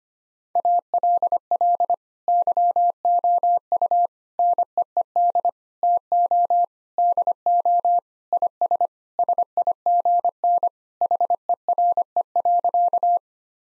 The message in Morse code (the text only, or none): ALL YOU NEED TO DO IS SIGN HERE.